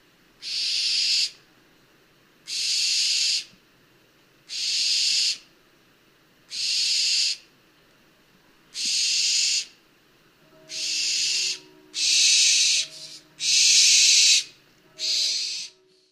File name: Effraie des clochers